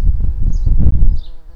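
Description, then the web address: Garden bumblebee worker buzzing, a low droning hum that pulses in strength and fades near the end. "Hortorum workers"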